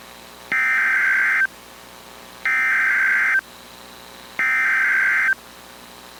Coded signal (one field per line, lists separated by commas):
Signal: Emergency Alert System (SAME) tones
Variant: header bursts